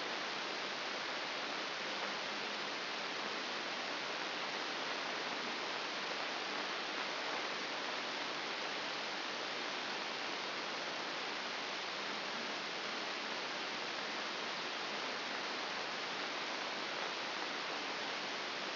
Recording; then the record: brain microelectrode recording played as sound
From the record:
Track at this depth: outside the subthalamic nucleus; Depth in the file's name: 6.501 mm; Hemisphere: left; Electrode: 2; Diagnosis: Parkinson's disease